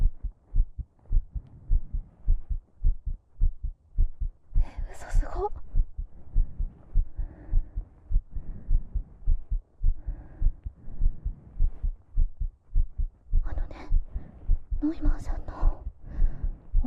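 A fast heartbeat, about 105 beats per minute and markedly faster than at rest, from an adult woman after about 15 squats. Her chest is pressed directly against the ear of a binaural microphone, giving deep, knocking thumps.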